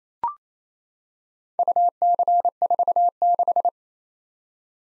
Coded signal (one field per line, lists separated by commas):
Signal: Morse code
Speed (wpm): 28 wpm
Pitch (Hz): 700 Hz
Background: none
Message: UC46